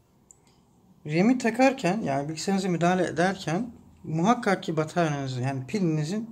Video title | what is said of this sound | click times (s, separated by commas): Bilgisayarınızı Hızlandırmanın En Basit Yolu! | Nehmen wir den letzten Riegel, und wenn er einrastet, ist die Installation abgeschlossen. | 0.3 s